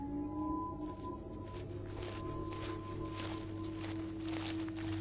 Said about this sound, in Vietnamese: Hai con hổ vạch cỏ cây mà đi đến. Tiếng bước chân của nó dẫm lên lá cây cứ thình thịch. Xem chừng là nó có lực lắm, nghe nó ghê gớm.